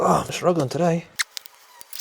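Someone talks while pushing hard to clip the cleaned retaining clip of a GWM Cannon's electronic handbrake motor back onto the rear brake caliper. After the talk, a few short, sharp handling ticks and faint rustling follow. Nothing has clicked or seated yet.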